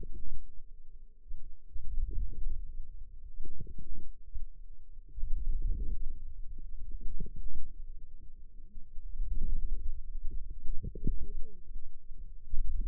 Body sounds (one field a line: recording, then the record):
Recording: forearm muscle sounds (acoustic myography)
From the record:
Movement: wrist flexion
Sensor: system 2, bracelet of six BSWA MPA416 microphones around the upper forearm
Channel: 2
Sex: female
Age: 21 years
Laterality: right